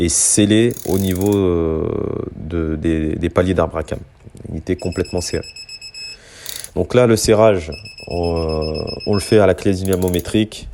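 A torque wrench tightens the crankcase half bolts on a 350 SXF motocross engine, clicking at 6.5, 6.6 and 6.6 seconds as it reaches its set torque. Someone talks throughout. The wrench is used to get even, consistent tightening and avoid stripping the fragile aluminium threads.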